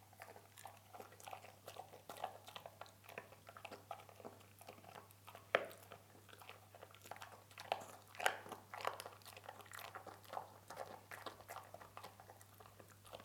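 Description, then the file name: Dog eating: dense, quiet crackling crunches that run almost without pause, with a low steady hum behind them. "Hund frisst"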